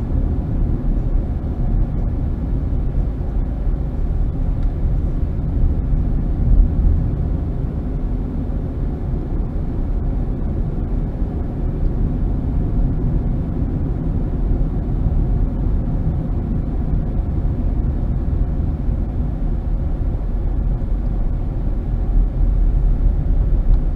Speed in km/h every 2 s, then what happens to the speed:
44, 32, 32, 35, 39, 42, 44, 44, 42, 31, 26, 24.
0-2 brakes to 32. 2-11 speeds up to 44. 15-19 brakes to 26.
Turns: none.